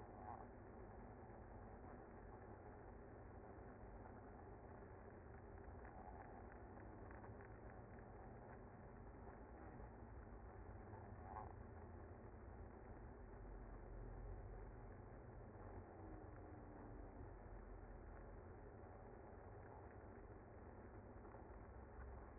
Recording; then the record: honeybee colony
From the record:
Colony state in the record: active